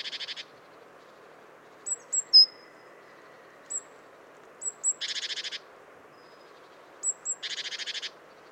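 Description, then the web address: Great tit churr calls: three harsh pulsed rattles, the later two each introduced by a pair of high thin notes. "SETE data Parus major"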